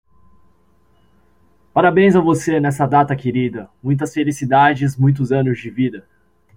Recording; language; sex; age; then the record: short text; Brazilian Portuguese; male; 20 to 29 years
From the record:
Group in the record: control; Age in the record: 24 years